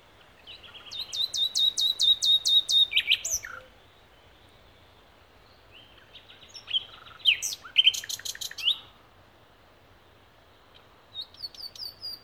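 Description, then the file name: Common nightingale delivering fast repeated high chips in a steady series, then mixed whistles and a brief rattling trill, with pauses between phrases. "Luscinia megarhynchos"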